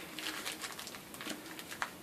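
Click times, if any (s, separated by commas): 1.8 s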